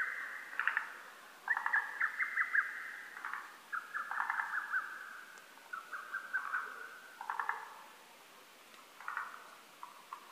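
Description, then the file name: Lesser cuckoo song: choppy phrases of quick notes mixed with short lower bursts, with only brief pauses. Recorded on 12 June 2010. "hototogisu 20100612"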